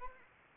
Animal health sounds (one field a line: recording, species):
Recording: mosquito wingbeat signal from an infrared sensor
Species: Anopheles arabiensis